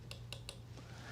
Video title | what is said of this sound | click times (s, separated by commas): Installing The Apex Optic Mount for P320 w/ RX Classic Slide Cut | I'm going to go ahead and bring it down and torque it until it clicks, both screws. | 0.1 s, 0.3 s, 0.5 s